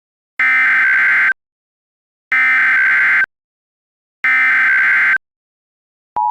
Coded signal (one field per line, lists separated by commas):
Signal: Emergency Alert System (SAME) tones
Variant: header bursts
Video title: EAS simulación - alerta de tornado en.... Ehmmm..... Sonora???!!!